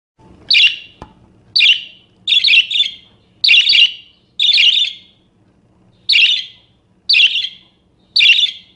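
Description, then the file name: Parakeet calls: rasping, scratchy screeches repeated about once a second, occasionally in rapid doubles, over a quiet low hum. "suara burung parkit. omkicau"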